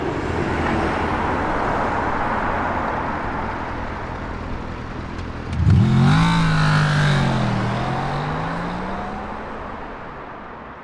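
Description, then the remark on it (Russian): Steady roar of highway traffic, heard from a bridge above the highway, with one loud vehicle sweeping past midway, its engine tone dropping as it goes by before the constant wash of road noise settles back. “Байкер остановился на мосту, смотря вниз на трассу.”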